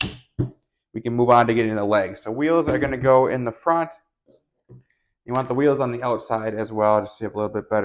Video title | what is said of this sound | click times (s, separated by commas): iLiving Easy Folding Rolling Walker with Shopping Bag Basket and Glide Skis - Assembly and Demo | and we'll get this one popped on so now that we got this all together | 0.0 s